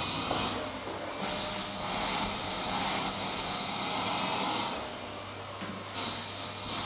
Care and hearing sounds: daily activity, microphone in the room; vacuum cleaning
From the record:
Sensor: 3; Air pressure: 1010.2 hPa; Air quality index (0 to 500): 171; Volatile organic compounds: 10 ppm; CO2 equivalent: 2232 ppm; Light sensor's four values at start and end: 47/117/51/56 and 47/117/51/56

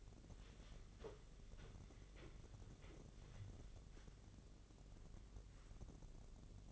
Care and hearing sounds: daily activity, microphone in the room; wipe stove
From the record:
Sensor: 4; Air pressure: 1013.2 hPa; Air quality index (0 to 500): 175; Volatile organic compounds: 2 ppm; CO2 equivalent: 1104 ppm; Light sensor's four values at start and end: 93/232/96/100 and 93/233/96/101

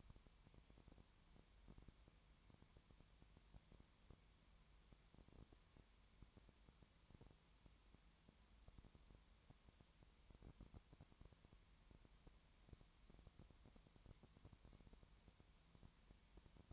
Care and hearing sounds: daily activity, microphone in the room; no activity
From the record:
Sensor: 3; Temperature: 20.5 degrees Celsius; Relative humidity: 32.9%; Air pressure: 1003.2 hPa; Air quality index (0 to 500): 105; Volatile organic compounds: 2 ppm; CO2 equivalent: 1068 ppm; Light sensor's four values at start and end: 2/3/2/2 and 2/3/2/2

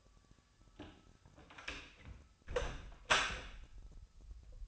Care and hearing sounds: daily activity, microphone in the room; close door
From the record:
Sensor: 2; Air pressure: 1007.0 hPa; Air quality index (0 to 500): 196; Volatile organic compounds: 13 ppm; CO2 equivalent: 2406 ppm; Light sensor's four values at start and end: 10/23/10/10 and 9/23/9/10

